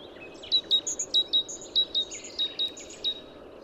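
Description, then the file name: Great tit song: high clipped notes with a downward flick, repeated steadily in pairs, about a dozen in under four seconds, over faint background hiss. "Parus major"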